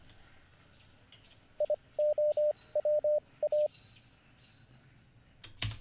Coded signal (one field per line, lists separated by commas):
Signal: Morse code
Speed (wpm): 25 wpm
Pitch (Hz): 600 Hz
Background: none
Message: IOWA